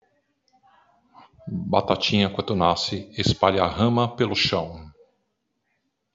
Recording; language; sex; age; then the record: short text; Brazilian Portuguese; male; 50 to 59 years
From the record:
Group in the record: control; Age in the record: 55 years